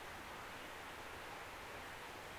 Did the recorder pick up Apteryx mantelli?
no